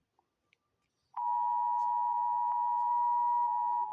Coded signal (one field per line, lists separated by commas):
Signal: Emergency Alert System (SAME) tones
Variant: 853 and 960 Hz attention tone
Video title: rating all EAS alarms part 1